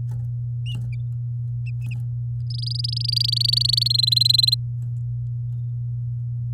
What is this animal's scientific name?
Serinus canaria